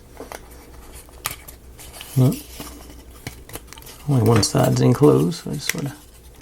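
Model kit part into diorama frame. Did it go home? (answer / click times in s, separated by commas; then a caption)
no / none. A laser-cut wooden or plastic part of a miniature bookstore diorama, with only one side enclosed, is handled and pressed toward its mount in the frame. Faint taps and small handling clicks are heard while someone talks. Nothing has seated or clicked into place yet.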